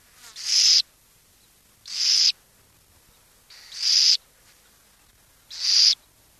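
Burrowing owl uttering four rasping screech calls, each swelling slightly, spaced roughly every one and a half to two seconds in quiet surroundings.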